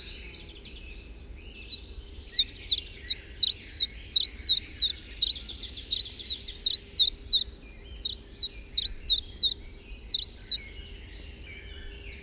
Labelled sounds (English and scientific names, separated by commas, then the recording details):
Common Chiffchaff (Phylloscopus collybita) song
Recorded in the wild
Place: Venz, Insel Rügen, Mecklenburg-Vorpommern, DE
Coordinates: 54.497, 13.302
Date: 1971-05-31
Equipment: Nagra III BH, Sennheiser MD 21, parabola
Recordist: Schubert, Michael
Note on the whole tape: Gesang Zilpzalp